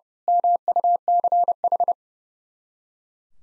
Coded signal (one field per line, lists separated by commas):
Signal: Morse code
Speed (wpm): 28 wpm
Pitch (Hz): 700 Hz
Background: none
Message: MUCH